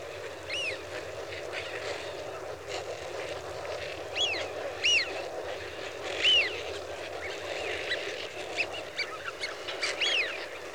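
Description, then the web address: Eurasian wigeon whistling in a flock, arched whistles repeating at irregular intervals, several loud ones standing out above a constant background noise. "BBC Sound Effects Library. Wigeon (Anas Penelope) Flock"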